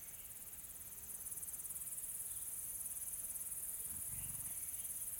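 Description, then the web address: Insects buzzing, a high pulsing drone that grows louder after the first second and continues steadily. Soft, calm insect ambience in a tropical forest in South Africa. "Sonniss - Smart Sound FX - Nature South Africa AMBIENCE Additional Tropical Forest Soft Insects Calm"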